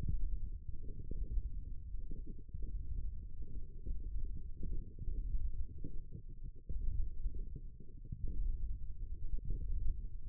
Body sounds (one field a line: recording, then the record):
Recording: forearm muscle sounds (acoustic myography)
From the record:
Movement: ulnar deviation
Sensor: system 1, eight BSWA MPA416 microphones around the upper forearm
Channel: 3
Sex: male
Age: 18 years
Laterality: right